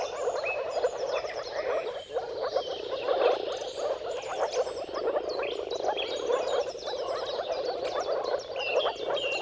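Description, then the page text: Moor frogs producing a constant chorus of hollow gurgles, overlaid by occasional bird whistles and short chirps. Dawn chorus of many moor frogs giving mating calls at sunrise, at the turn of March and April, timing depending on the weather. "Dawn’s Chorus: Mating Calls of Marsh Frogs at Sunrise. Depending on the weather at the turn of March and April, you can witness an amazing spectacle of moor frogs. Jakub-Orzecki moor frogs"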